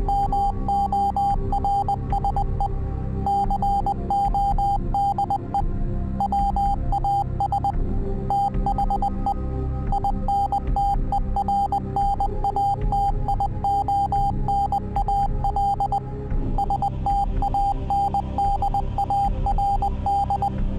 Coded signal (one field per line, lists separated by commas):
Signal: Morse code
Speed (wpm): 20 wpm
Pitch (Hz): 800 Hz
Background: music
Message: MORSE CODE WAS THE INTERNATIONAL STANDARD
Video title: Merchant Marine MORSE OPERATORS - KKUI